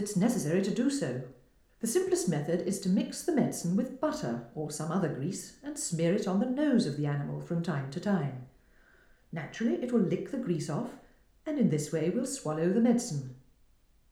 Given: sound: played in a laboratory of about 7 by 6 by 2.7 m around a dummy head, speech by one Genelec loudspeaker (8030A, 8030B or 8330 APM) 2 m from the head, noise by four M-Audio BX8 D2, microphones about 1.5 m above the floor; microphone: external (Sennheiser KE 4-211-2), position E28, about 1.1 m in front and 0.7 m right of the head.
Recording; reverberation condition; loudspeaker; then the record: female speech in English; medium; in front (0 degrees)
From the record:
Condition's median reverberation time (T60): about 510 ms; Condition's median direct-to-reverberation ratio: about -0.5 dB